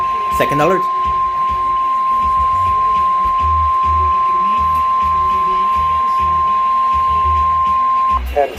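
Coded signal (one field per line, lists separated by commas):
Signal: Emergency Alert System (SAME) tones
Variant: 1050 Hz attention tone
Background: speech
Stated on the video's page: Tornado and severe thunderstorm alerts received on a weather radio from NOAA and Canadian weather radio stations, plus Alert Ready alerts from an FM radio station.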